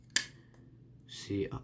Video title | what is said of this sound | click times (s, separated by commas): OUVERTURE COFFRET ULTRA PREMIUM POKEMON!! | Ah, j'ai pas bien refermé. | 0.2 s